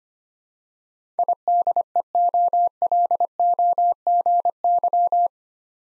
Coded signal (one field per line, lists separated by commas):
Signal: Morse code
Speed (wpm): 25 wpm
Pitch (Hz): 700 Hz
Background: none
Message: IDEOLOGY